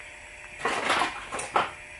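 A thumb presses the first metal brake pad abutment clip in the middle to seat it in the caliper bracket, producing short metallic handling scrapes and knocks around 0.7 s and 1.6 s. The clip has not locked into place yet; nothing has seated.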